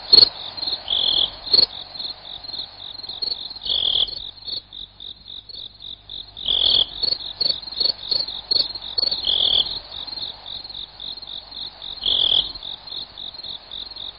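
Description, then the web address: Insect giving a steady high-pitched pulsed trill, with louder bursts of rapid chirps recurring every few seconds. "animali insetti insetti insect"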